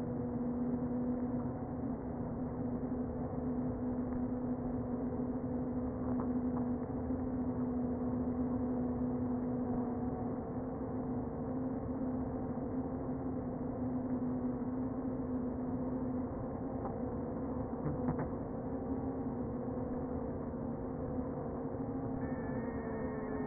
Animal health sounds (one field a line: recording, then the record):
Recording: honeybee colony, microphone inside the hive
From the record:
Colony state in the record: queen present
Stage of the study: before two queens were removed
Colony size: about 60,000 bees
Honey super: yes